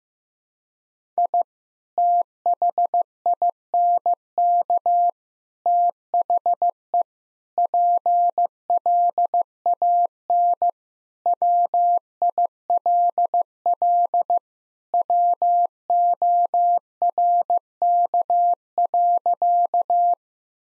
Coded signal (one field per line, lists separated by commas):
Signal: Morse code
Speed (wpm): 16 wpm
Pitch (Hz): 700 Hz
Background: none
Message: I THINK THE PLAN WILL WORK.